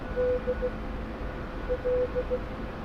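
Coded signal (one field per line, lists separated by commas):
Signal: Morse code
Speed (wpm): 16 wpm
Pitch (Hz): 500 Hz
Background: none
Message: D L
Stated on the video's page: Morse heard in the DCS UH-1 Huey flight simulator game, Peacekeeper Campaign mission.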